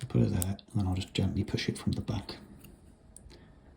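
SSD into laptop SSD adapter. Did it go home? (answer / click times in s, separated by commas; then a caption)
no / none. A new SSD is placed into a small SSD adapter for a 2013 13-inch MacBook Pro and gently pushed from the back while someone talks. After the talking, a few faint ticks are heard during handling, but nothing has seated or clicked yet.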